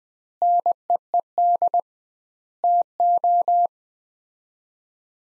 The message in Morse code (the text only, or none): NEED TO